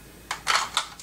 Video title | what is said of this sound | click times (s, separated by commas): Elite Force SL14 | it into a here click in place and the | 0.8 s